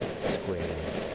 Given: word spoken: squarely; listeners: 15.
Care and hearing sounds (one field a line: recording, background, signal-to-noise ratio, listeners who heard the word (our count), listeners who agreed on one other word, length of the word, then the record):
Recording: one English word in noise, from a listening test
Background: noise modulated by three-talker babble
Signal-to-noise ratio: -4.3 dB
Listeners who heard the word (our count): 0 of 15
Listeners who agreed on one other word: 10 of 15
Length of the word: 0.75 s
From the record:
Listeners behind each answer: 10, 1, 1, 1, 1, 1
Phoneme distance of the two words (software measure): 14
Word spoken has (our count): 2 syllables, 6 phonemes, stress on syllable 1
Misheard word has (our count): 1 syllable, 4 phonemes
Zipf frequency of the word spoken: 2.89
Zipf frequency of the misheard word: 4.78